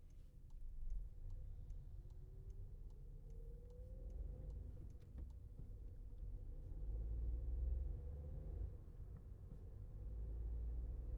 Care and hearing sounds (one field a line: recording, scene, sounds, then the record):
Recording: everyday scene through a hearing-aid microphone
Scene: in a vehicle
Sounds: engine, highway driving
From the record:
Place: Skoda Fabia, gasoline engine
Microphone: behind the ear, left, front